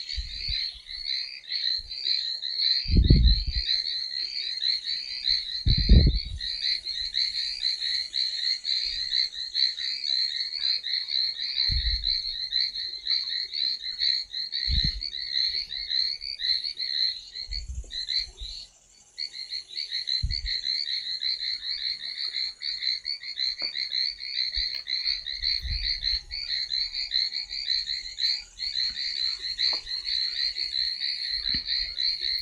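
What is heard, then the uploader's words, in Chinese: Frogs call from a field in a dense, steady chorus of high, rapid trilling that runs almost without a break, dropping out only briefly near the nineteen-second mark. Low thumps sound every few seconds, strongest near the start. 仰望着星空，皓月当空，听着田野里的蛙声。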